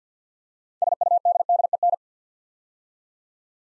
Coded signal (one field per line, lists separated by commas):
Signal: Morse code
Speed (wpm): 50 wpm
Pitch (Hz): 700 Hz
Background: none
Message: SUDDEN